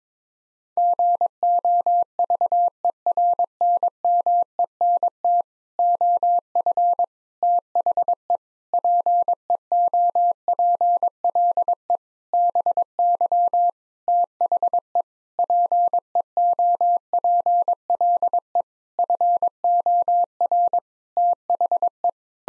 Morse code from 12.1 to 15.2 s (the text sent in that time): BY THE